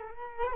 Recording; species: mosquito wingbeat signal from an infrared sensor; Culex quinquefasciatus